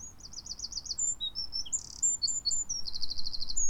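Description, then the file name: Eurasian wren singing a rapid, high-pitched jumble of sharp trills and quick chirping notes, with fast repeated phrases at the start and end over faint low background rumble. "Troglodytes troglodytes"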